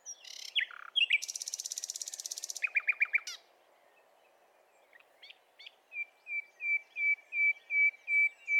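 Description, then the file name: Common nightingale song: a fast buzzy trill and rattling notes, then after a pause a slow series of loud, pure whistled notes gradually swelling in volume. "Luscinia megarhynchos"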